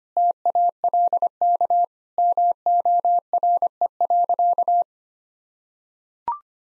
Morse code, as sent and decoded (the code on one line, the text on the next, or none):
- .- .-.. -.- / -- --- .-. . .-.-.-
TALK MORE.